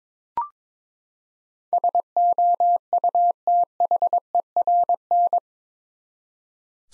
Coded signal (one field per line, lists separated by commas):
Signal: Morse code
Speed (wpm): 21 wpm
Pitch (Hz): 700 Hz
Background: none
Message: SOUTHERN